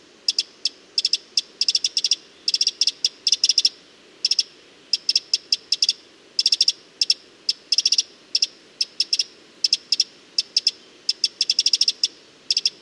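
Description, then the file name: Eurasian wren giving a long sequence of rapid, hard ticking calls bunched into rattling bursts. "Troglodytes troglodytes"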